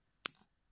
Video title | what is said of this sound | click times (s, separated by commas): my little box Aout | la matière il y a une petite accroche comme ça qui se clipse dans le trou | 0.3 s